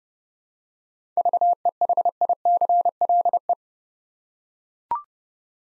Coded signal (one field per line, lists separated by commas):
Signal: Morse code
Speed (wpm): 30 wpm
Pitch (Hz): 700 Hz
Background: none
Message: VEHICLE